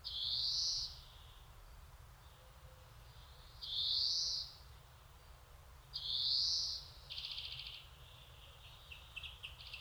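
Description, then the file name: European greenfinch giving three rising nasal wheezes a few seconds apart, then a scratchy buzzing twitter. "Chloris chloris"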